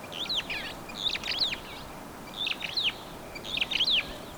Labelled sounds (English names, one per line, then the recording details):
Superb Starling flight call
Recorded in Kenya